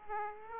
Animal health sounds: mosquito wingbeat signal from an infrared sensor; Aedes aegypti

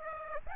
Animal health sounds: mosquito wingbeat signal from an infrared sensor; Aedes aegypti

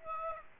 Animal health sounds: mosquito wingbeat signal from an infrared sensor; Aedes aegypti

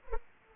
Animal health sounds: mosquito wingbeat signal from an infrared sensor; Culex pipiens

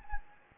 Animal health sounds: mosquito wingbeat signal from an infrared sensor; Anopheles gambiae

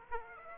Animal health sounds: mosquito wingbeat signal from an infrared sensor; Aedes aegypti

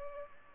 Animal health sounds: mosquito wingbeat signal from an infrared sensor; Culex pipiens

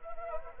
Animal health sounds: mosquito wingbeat signal from an infrared sensor; Anopheles arabiensis

